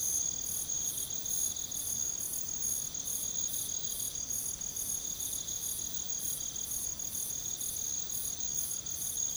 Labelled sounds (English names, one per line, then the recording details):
none
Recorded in pastures near Puerto Asís, Putumayo, Colombia, on 9 March 2025 at 00:30
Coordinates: 0.486, -76.323
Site G075